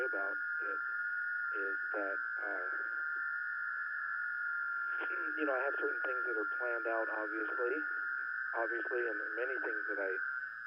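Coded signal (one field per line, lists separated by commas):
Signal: FT8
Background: speech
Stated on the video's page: FT8 data received over the air on 40m via an NVIS dipole, real ham radio gear, not SDR or simulation, live stream.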